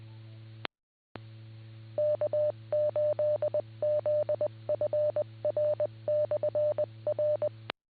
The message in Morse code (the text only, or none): K8ZFR/R